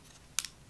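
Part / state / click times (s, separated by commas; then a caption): handheld gimbal camera in battery handle / released / 0.4 s. A release button on the battery handle of a DJI Osmo Pocket 3 handheld gimbal camera is pressed to unlatch the camera from its charging plug. A sharp click sounds at 0.4 s, followed by a fainter tick just after, over quiet background noise. The camera is released from the battery handle.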